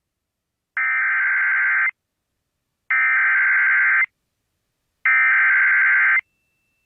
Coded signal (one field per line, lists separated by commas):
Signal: Emergency Alert System (SAME) tones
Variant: header bursts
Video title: Severe Thunderstorm Warning 5/2/22 [EAS #592]